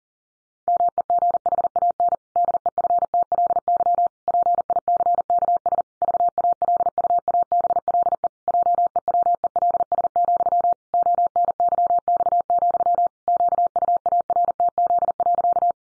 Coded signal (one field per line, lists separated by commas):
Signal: Morse code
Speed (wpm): 40 wpm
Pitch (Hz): 700 Hz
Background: none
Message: MEGHAN DEFTLY PICKS VALUABLE JEWELS, ONYX, QUARTZ.